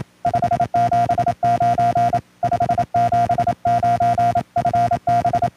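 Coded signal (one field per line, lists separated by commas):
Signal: Morse code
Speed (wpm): 27 wpm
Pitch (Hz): 700 Hz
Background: none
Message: 579 579 FB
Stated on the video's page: CW contact with a Bosnian station.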